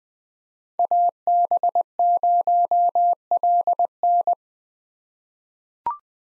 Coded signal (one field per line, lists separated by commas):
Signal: Morse code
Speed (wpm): 20 wpm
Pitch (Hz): 700 Hz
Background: none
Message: AB0LN